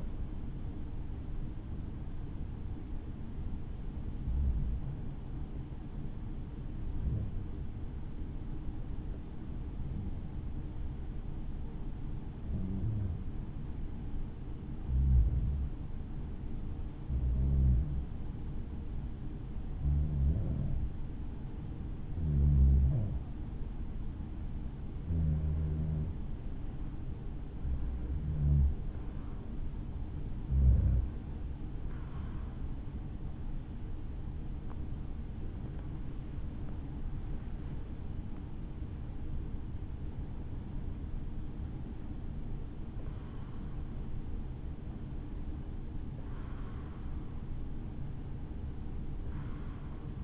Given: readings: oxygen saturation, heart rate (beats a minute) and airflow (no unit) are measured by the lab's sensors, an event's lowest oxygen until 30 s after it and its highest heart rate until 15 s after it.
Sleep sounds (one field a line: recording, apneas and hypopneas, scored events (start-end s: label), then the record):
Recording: breathing in sleep by a smartphone at the bedside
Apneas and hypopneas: 1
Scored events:
5.00-26.10 s: hypopnea (REM, oxygen 94% highest, then 88% lowest, heart rate 57 at the start, 75 highest)
From the record:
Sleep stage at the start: REM sleep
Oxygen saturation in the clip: 88 to 94%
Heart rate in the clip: 56 to 75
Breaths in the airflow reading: 18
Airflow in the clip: -8.0 to 8.1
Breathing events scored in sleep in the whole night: 216 in 7.0 hours asleep